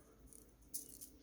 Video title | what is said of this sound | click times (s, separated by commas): Build #533 - Pontiac GTO - Wist | back your crown off your thread tapes until you hear it clicking | 0.3 s, 0.9 s